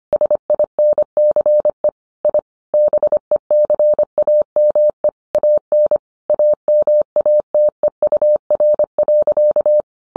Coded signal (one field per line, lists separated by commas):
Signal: Morse code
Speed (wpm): 25 wpm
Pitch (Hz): 600 Hz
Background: none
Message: SINCE I BECAME AN AMATEUR.